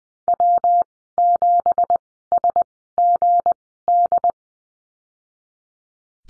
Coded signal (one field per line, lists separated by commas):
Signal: Morse code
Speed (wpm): 20 wpm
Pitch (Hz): 700 Hz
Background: none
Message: W7SGD